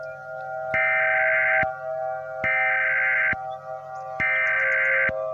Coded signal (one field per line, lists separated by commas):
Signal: Emergency Alert System (SAME) tones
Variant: header bursts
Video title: "The Monster" (EAS Scenario)